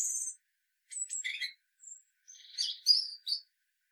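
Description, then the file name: European robin singing a brief burst: a high thin whistle, then scratchy twittering notes and a few sweet warbled tones. "Erithacus rubecula"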